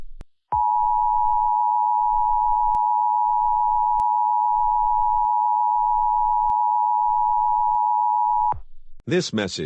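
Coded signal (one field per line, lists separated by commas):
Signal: Emergency Alert System (SAME) tones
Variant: 853 and 960 Hz attention tone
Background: speech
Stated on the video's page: Fictional Emergency Alert System scenario depicting nuclear war.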